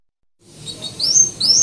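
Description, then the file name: Canary song, quick high whistled notes sweeping upward, repeated in short bursts after a brief silence. Canary chirping song in the 'isian' style, full version. "suara-kicauan-kenari-isian-full-bt 2-omkicau"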